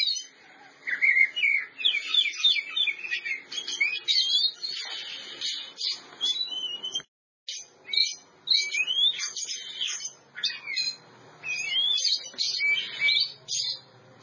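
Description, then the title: Oriental magpie-robin singing varied whistles and chattering notes, with a brief silent gap midway. Champion bird. "Kicau Burung Kacer Juara"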